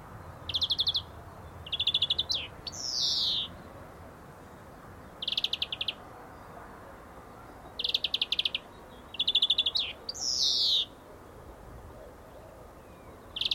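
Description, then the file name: European greenfinch song: bursts of rapid ringing trills, twice followed by a wheezy, descending buzz, repeated in phrases every few seconds over a low background rumble. "Chloris chloris"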